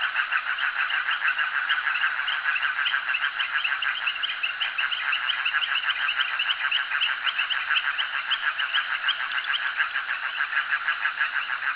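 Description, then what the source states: Dense frog chorus, rapid repeated rasping pulses from many callers merging into a continuous rhythmic drone. Frogs calling at a jetty.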